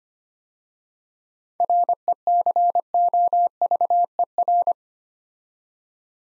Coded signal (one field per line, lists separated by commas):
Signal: Morse code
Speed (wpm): 25 wpm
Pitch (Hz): 700 Hz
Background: none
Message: RECOVER